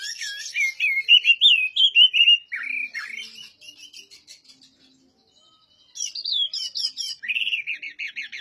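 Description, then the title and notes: Oriental magpie-robin song: rich rising and falling whistled phrases, a softer quiet stretch, then bright high swooping whistles returning. Master song for tutoring other birds; the bird is singing vigorously (gacor). "Suara Burung Kacer masteran. burung kacer gacor hebat"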